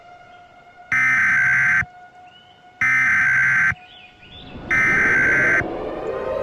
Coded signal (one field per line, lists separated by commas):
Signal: Emergency Alert System (SAME) tones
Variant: header bursts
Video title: EAS Scenario - 4th of July DISASTER